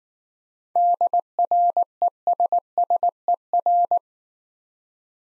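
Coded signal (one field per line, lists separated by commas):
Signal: Morse code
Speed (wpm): 19 wpm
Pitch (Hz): 700 Hz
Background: none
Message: DRESSER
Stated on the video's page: Morse code practice set of easy words at 15 wpm with contextual hints.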